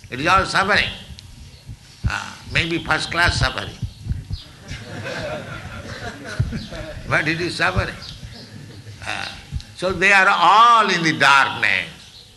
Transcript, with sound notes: It is all suffering. Maybe first-class suffering, [laughter] but it is suffering. So they are all in the darkness,